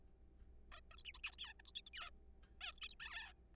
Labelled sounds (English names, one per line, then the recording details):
Zebra Finch
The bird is a juvenile
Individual R3428